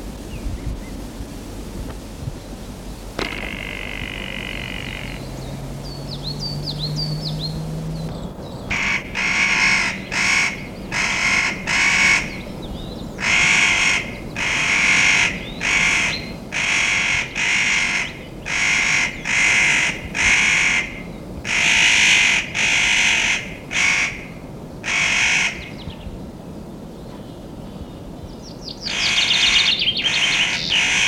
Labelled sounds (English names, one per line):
Spotted Nutcracker